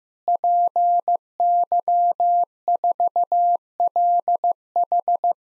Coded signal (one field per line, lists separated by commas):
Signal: Morse code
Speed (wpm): 15 wpm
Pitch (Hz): 700 Hz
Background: none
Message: PY4LH